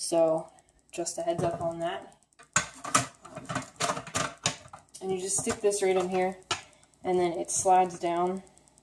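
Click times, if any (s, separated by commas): none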